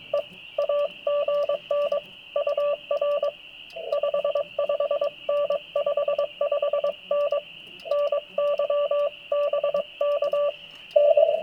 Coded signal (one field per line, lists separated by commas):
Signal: Morse code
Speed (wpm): 22 wpm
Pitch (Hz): 580 Hz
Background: radio noise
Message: E AGN UR 55N 55N NY BK N